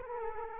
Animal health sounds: mosquito wingbeat signal from an infrared sensor; Culex quinquefasciatus

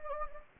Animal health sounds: mosquito wingbeat signal from an infrared sensor; Anopheles gambiae

